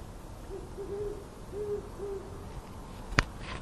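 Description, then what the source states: Great horned owl hooting, a series of soft low hoots with a stuttering rhythm, followed by a sharp click near the end. Hooting owls recorded in Davis at 4 am on 27 February 2012.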